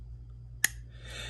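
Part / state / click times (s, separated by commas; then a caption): folding knife blade into its closed detent on the compression lock / seated / 0.6 s. A Spyderco Smock folding knife with a compression lock is closed, and its blade snaps into the closed-position detent with one sharp click at 0.7 s over a steady low hum. A faint hiss follows, and the blade is seated in its closed detent.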